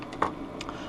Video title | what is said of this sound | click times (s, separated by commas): Timmarah's RayBan 5228 with Rx Anti Glare Lenses | But I'm going to tuck it in at the outside corner, push down with my thumbs. It snaps right in there. | 0.2 s